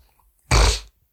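A single abrupt, forceful burst of noisy air lasting about 0.4 seconds, like a snort or sharp sniff, against near silence. It is a demonstrated simple vocal tic of Tourette syndrome, a condition affecting the brain and nerves that causes sudden, repeated movements and sounds that cannot be controlled.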